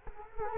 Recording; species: mosquito wingbeat signal from an infrared sensor; Culex quinquefasciatus